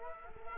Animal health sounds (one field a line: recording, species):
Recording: mosquito wingbeat signal from an infrared sensor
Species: Culex quinquefasciatus